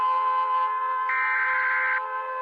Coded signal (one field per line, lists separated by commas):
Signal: Emergency Alert System (SAME) tones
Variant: header bursts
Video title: ￼Rating EAS Alarms S2 Part 3: The Long Boi